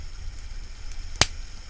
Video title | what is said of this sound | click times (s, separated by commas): Figure Match Ups: Mcfarlane Vs NECA: City Hunter | you hear that snap damn | 1.2 s